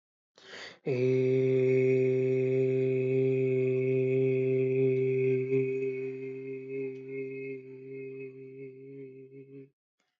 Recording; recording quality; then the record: sustained vowel as in made; excellent, no background noise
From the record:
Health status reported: healthy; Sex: male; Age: 21 years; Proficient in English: yes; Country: India